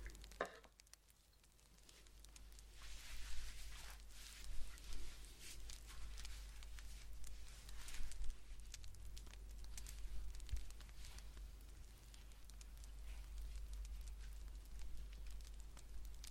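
Knitting a blanket: soft, irregular rustling and small crackly ticks of yarn and needles come and go throughout, with slightly busier bursts around three to five and eight seconds. A low steady hum runs underneath, and a sharper knock sounds near the start.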